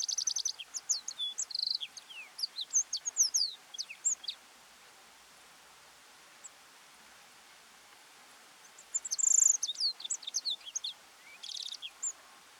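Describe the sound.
Arabian serin song: bursts of thin, high twittering and rapid chirps, a pause of several seconds, then another lively high-pitched burst.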